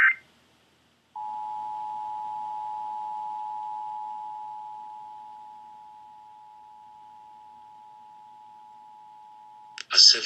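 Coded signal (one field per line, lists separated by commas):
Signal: Emergency Alert System (SAME) tones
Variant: 853 and 960 Hz attention tone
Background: speech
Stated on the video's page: EAS alerts from every US state, captured via live stream or in person.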